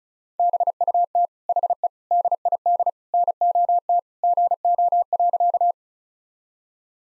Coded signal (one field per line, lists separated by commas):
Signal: Morse code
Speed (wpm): 35 wpm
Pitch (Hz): 700 Hz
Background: none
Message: BUT HE DID NOT GO.